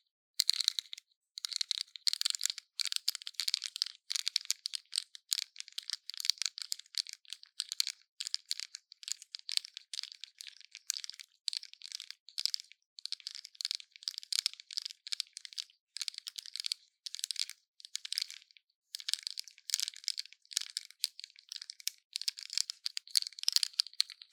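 Intense brain scratching: a rapid run of dry, bright scratches, dense and nearly continuous for the whole clip, broken by brief gaps. The strokes come in quick irregular bursts, crisp and hissy with no low sound beneath, like fingernails raking a rough surface.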